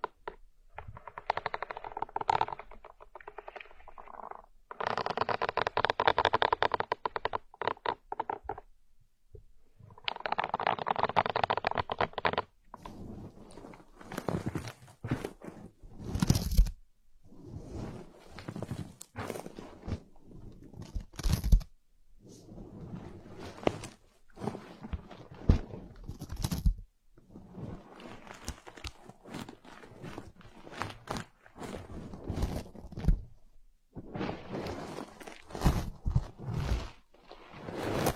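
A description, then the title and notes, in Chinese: An ear massage: soft rubbing and rustling swishes come in long bursts for the first twelve seconds. After that come irregular crackling strokes, taps and brushes, with short pauses and some sharper, brighter clicks scattered throughout. 按摩耳朵，一些让人放松的声音。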